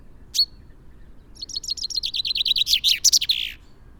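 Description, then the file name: Common chaffinch song: one sharp note, then a rapid run of bright notes that drops in pitch before ending in a brief flourish. "Fringilla coelebs"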